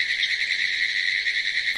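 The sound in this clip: Pine Woods Treefrog calling, an unbroken high buzzing rattle holding an even level from start to finish.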